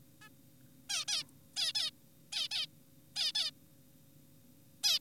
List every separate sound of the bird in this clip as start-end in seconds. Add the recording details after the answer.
0.22-0.29, 0.90-1.05, 1.08-1.24, 1.56-1.72, 1.75-1.91, 2.32-2.48, 2.51-2.67, 3.16-3.32, 3.35-3.51, 4.84-4.99. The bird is an adult. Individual g4p5U